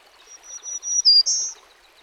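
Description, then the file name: Black-throated green warbler singing a short series of high wheezy notes ending in two buzzy phrases, the last one higher, with a soft rushing wash behind. "dan gibsons solitudes black throated green warbler"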